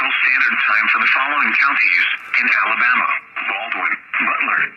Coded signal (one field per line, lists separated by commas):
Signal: Emergency Alert System (SAME) tones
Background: speech